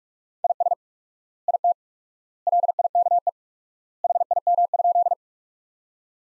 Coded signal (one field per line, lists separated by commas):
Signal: Morse code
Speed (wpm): 42 wpm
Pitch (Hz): 700 Hz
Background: none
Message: IS IT LIKE HIM?